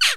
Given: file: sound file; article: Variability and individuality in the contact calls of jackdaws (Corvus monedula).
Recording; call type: jackdaw call; noisy